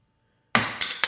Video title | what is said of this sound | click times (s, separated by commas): Installing *Rear Reflector* LED Lights In my 9th Gen Civic Si | And you're going to hear it pop. | 0.6 s